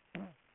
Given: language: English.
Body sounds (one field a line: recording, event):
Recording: throat vibration sensor signal played as sound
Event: throat clearing